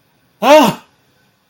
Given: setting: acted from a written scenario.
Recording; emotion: vocal sound without words; distress